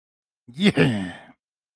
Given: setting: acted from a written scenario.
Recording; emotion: vocal sound without words; triumph